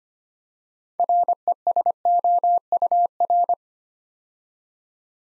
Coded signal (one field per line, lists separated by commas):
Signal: Morse code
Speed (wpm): 25 wpm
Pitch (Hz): 700 Hz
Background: none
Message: RESOUR